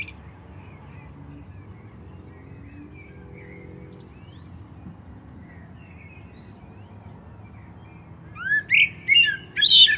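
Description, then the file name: Common blackbird song: after a long quiet stretch with faint warbling, a short phrase of low fluted notes ends in high squeaky twitters. "Turdus merula"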